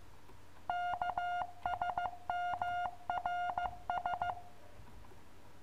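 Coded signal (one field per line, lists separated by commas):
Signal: Morse code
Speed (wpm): 15 wpm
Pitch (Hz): 1420 Hz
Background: none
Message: KSMRS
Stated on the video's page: Koch method Morse lesson for the letters K, M, R, S.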